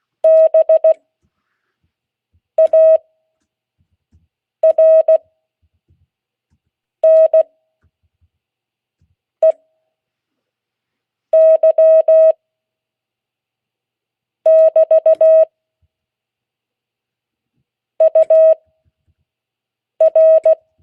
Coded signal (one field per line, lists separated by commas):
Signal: Morse code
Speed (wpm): 16 wpm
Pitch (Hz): 640 Hz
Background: none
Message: BARNEY <BT> UR